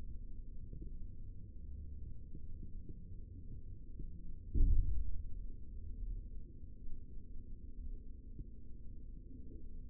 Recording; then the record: forearm muscle sounds (acoustic myography)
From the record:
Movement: rest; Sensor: system 3, bracelet of six PUI Audio POM-2738L microphones around the upper forearm, with dedicated amplification and filtering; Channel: 6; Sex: male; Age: 23 years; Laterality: right